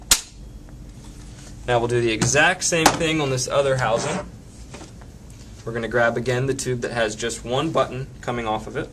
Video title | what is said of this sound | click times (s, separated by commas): How to assemble a Graco Lovin' Hug® Infant Swing | you can help by pressing the button a little bit pushing the tube in until you hear a click | 0.1 s